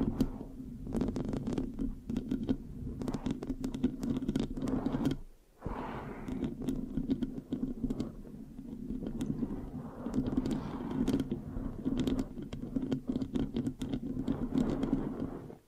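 Scratching on a microphone, a dense, sticky, crackling rub with a steady low hum underneath and rapid clicks throughout. The texture shifts in intensity as it goes, with a brief near-silent pause around five seconds before the scratching resumes.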